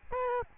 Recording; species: mosquito wingbeat signal from an infrared sensor; Aedes albopictus